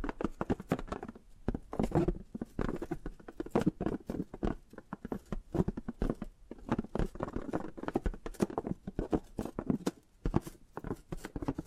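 Tapping and gripping sounds come as dense, irregular clicks and scratchy patters, mostly low-mid with sharp bright edges, continuing throughout with brief pauses.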